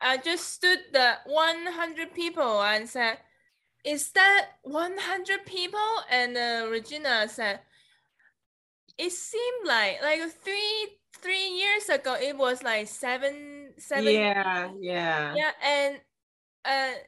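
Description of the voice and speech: Adult woman, a stroke survivor, speaking with aphasia: word-finding difficulty and disordered sentences, with frequent pauses between phrases. Her communication has become more blunt and direct.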